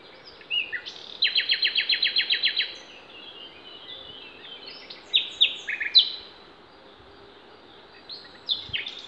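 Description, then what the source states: Songbird song with a rapid run of about a dozen identical sharp notes, followed by several loud slurred whistles and scattered high chirps. Songbirds singing in Demerje forest on 28 April 2020.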